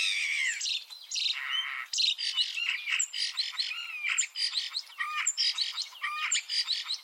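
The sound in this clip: Common starling song: loud, continuous jumble of chattering, wheezy notes and quick clicks.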